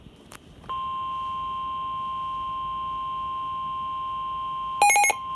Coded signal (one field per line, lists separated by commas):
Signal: Emergency Alert System (SAME) tones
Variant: 1050 Hz attention tone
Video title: EAS Flash Flood Warning WXL40 & 101.3 FM EAS#136-137